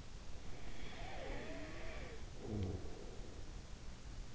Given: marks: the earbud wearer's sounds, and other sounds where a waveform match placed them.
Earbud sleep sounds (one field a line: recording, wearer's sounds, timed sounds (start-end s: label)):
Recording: sounds in sleep by an in-ear microphone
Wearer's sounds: breath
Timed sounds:
0.42-3.16 s: breath